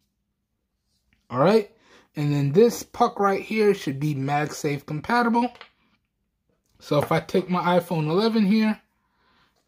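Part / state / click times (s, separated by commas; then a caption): magnetic wireless charging puck onto the back of a smartphone / not seated / none. Someone talks while holding a Bohuma magnetic wireless charging puck, MagSafe-compatible, and bringing an iPhone 11 toward it so the puck can go onto the back of the phone. Only speech is heard. The puck has not yet snapped or clicked onto the phone.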